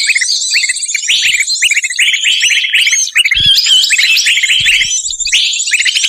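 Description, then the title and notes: Birds keep up nonstop twittering, rapid high chirps and short trills layered together, with a few faint low thumps. Compilation of bird lure calls used to attract stubborn, hard-to-approach birds. "Suara Burung Bandel Yang Susah Mendekati. Kompilasi Suara Pikat Burung"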